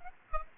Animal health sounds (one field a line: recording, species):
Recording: mosquito wingbeat signal from an infrared sensor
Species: Aedes aegypti